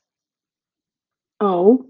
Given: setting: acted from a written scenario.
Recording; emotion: vocal sound without words; confusion